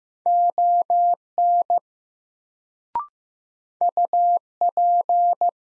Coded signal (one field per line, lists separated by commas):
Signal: Morse code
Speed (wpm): 15 wpm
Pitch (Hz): 700 Hz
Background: none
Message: ON UP